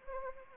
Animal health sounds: mosquito wingbeat signal from an infrared sensor; Anopheles arabiensis

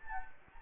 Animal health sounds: mosquito wingbeat signal from an infrared sensor; Anopheles gambiae

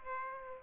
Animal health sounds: mosquito wingbeat signal from an infrared sensor; Aedes aegypti

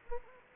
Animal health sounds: mosquito wingbeat signal from an infrared sensor; Anopheles gambiae

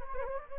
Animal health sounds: mosquito wingbeat signal from an infrared sensor; Anopheles gambiae

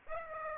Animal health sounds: mosquito wingbeat signal from an infrared sensor; Aedes aegypti

